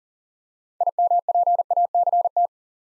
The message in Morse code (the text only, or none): IMPACT